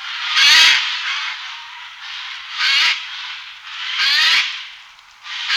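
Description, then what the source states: Eurasian jay calls: several harsh rasping screeches at intervals of one to two seconds, broad and noisy. Recorded in 2004.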